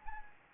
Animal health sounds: mosquito wingbeat signal from an infrared sensor; Anopheles arabiensis

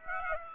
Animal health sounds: mosquito wingbeat signal from an infrared sensor; Aedes aegypti

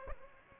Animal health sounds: mosquito wingbeat signal from an infrared sensor; Aedes aegypti

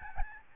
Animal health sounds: mosquito wingbeat signal from an infrared sensor; Aedes albopictus

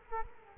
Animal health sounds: mosquito wingbeat signal from an infrared sensor; Culex quinquefasciatus

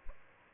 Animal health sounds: mosquito wingbeat signal from an infrared sensor; Aedes aegypti

